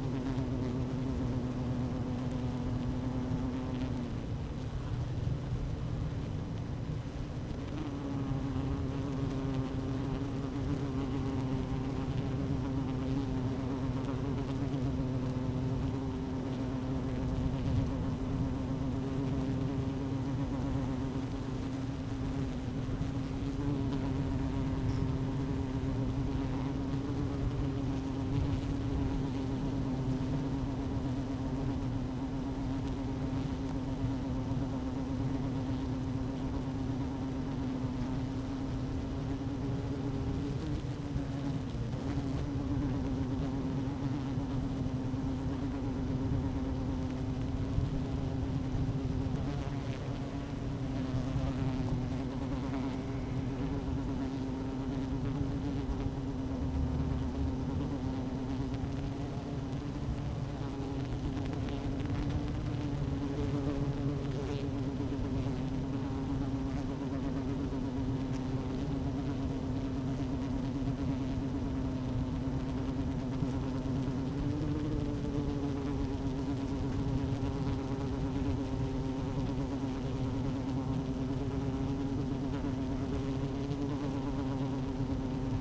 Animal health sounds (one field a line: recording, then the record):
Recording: honeybee colony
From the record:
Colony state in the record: active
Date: 12 June 2018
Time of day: 12:01